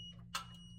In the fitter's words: you hear a little click and you can open it that way.